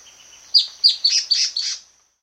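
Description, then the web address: Long-tailed antbird song: five high, raspy notes, each sliding downward, delivered quickly in under two seconds, with a faint steady high tone behind. South America. "Natures Songs S America Long-Tailed Antbird"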